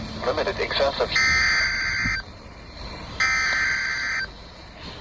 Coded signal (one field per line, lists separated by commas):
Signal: Emergency Alert System (SAME) tones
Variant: header bursts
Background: speech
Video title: EAS #544-549 Severe Thunderstorm Warning for my area